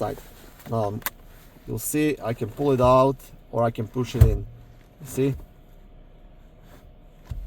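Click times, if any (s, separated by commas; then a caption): none. On a 2010–2019 Ford Taurus, the tilt/telescopic steering column lock lever under the steering wheel is released, and the steering wheel is pulled out and pushed in to set its depth while someone talks. Faint handling noises occur between the speech. The black lever has not yet been pushed up to lock, so nothing has clicked yet.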